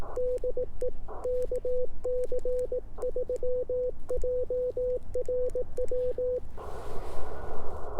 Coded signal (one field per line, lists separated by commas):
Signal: Morse code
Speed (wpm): 18 wpm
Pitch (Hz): 500 Hz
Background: none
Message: DE KC3JRW